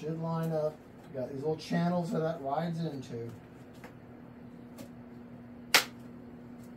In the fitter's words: and it does pops right into place